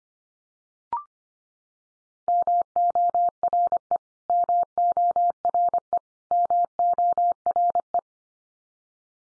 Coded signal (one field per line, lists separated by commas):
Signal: Morse code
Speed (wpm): 25 wpm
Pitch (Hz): 700 Hz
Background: none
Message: MORE MORE MORE